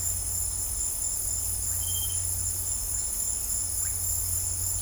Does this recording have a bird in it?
yes